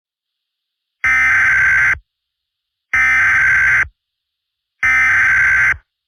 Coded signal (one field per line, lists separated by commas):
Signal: Emergency Alert System (SAME) tones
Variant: header bursts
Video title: EAS Scenario: The Dragons (Early Lunar New Year Special)